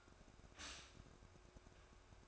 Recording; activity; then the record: daily activity, microphone in the room; stop toaster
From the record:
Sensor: 2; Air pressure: 1004.1 hPa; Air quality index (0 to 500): 194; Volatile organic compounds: 11 ppm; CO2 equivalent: 2319 ppm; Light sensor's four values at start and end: 4/10/4/4 and 4/10/4/4